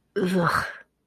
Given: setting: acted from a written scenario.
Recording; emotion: vocal sound without words; disgust